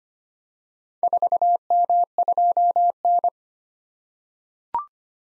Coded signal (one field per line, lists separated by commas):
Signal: Morse code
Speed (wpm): 25 wpm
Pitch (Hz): 700 Hz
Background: none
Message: 4M2N